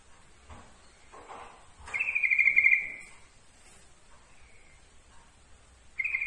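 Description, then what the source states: Yellow-vented bulbul song: a rapid pulsing trill of about a second, a faint shorter phrase later, and another trill starting at the end, with light rustling sounds. Trucukan song, for masteran training.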